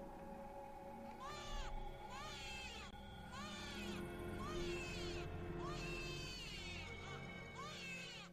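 A baby wails shrilly in a series of high, rising-and-falling cries, about six bursts with short gasping pauses between, over a steady low background hum.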